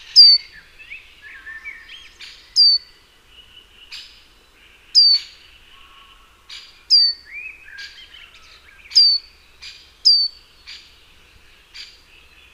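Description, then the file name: Great tit uttering crisp falling notes at uneven intervals over a background of quieter twittering and warbling birds. "Parus major"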